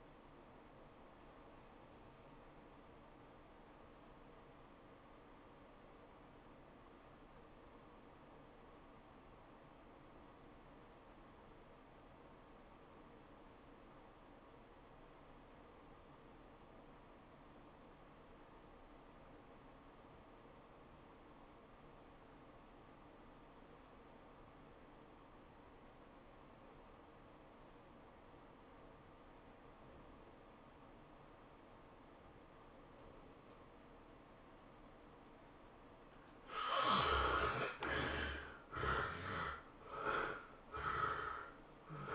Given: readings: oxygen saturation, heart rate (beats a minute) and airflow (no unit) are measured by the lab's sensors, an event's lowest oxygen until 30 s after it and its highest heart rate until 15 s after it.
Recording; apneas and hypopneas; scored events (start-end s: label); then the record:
breathing in sleep by a voice recorder at the bedside; 1
6.00-36.10 s: obstructive apnea (REM, oxygen 96% highest, then 62% lowest, heart rate 96 at the start, 110 highest)
From the record:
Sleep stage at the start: REM sleep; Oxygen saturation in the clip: 66 to 96%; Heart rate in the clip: 71 to 112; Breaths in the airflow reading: 3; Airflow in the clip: -14.3 to 9.0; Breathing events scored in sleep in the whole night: 403 in 5.5 hours asleep